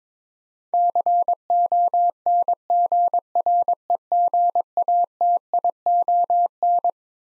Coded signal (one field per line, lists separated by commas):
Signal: Morse code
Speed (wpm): 22 wpm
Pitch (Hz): 700 Hz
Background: none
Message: CONGREGATION